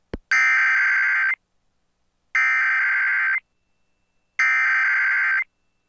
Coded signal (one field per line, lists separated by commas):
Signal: Emergency Alert System (SAME) tones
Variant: header bursts